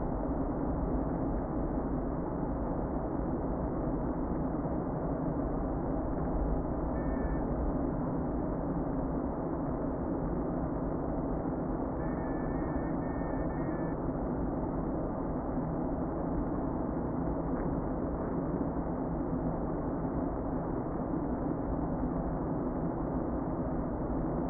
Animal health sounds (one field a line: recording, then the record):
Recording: honeybee colony, microphone inside the hive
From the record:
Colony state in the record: queen present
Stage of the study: before two queens were removed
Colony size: about 60,000 bees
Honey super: yes